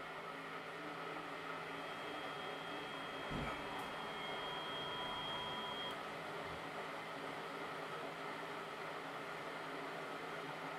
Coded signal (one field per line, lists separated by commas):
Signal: FT8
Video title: ICOM IC 705 -FT8 PRESET MENU after firmware update 1.20